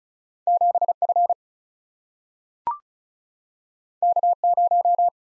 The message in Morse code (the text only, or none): 7 F K 0